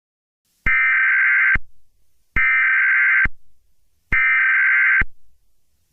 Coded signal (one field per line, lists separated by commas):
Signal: Emergency Alert System (SAME) tones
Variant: header bursts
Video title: eas scenario catemojibabyheat part 19